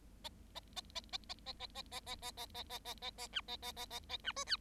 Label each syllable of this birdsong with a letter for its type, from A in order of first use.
A A A A A A A A A A A A A A A A A A B A A A A A B C D